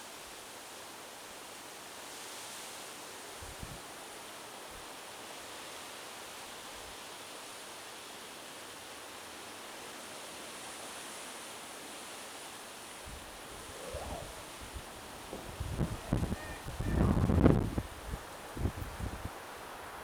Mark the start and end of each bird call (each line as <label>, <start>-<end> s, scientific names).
Anas platyrhynchos, 16.34-17.01 s